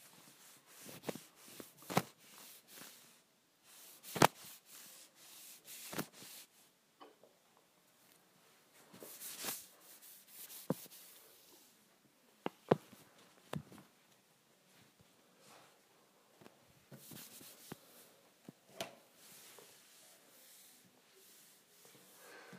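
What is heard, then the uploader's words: A wipe is dragged across a counter in short, uneven strokes, each a soft hissing rub that rises and fades over a second or so. Sharper taps and brief scrapes punctuate the wiping, notably near 4 and 13 seconds, with quiet pauses between bursts. ASMR Cleaning the Counter with a Wipe.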